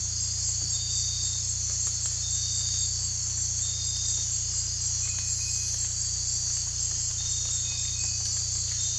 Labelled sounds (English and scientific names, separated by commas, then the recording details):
none
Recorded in dense forest near Puerto Asís, Putumayo, Colombia, on 18 December 2024 at 02:30
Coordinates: 0.467, -76.328
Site GP05